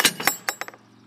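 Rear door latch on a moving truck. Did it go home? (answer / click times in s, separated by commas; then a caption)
released / 0.3 s, 0.5 s. Someone pulls the latch handle on the rear door of a moving truck, and the metal latch releases with sharp clinks at 0.3 s and 0.5 s, followed by a few fainter rattling clinks that fade out. The latch releases and the door pops open.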